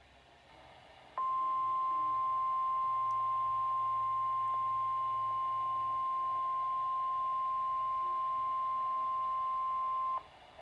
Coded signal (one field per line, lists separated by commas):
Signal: Emergency Alert System (SAME) tones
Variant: 1050 Hz attention tone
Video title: EAS Alerts from 4/22/2023 (EAS #13-22)